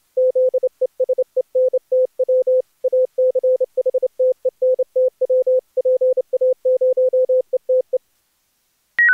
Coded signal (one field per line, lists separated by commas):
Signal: Morse code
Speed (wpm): 29 wpm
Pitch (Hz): 510 Hz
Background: none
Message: ZESENTW ACHTENTW PA0ETE